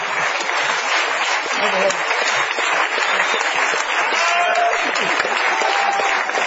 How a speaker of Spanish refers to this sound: Bueno, aplaudamos a papá.